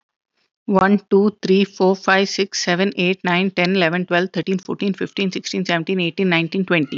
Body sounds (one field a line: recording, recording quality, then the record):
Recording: counting at a fast pace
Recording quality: excellent, no background noise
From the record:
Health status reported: healthy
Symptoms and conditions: none ticked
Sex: female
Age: 38 years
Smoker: not ticked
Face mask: not worn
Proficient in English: yes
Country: India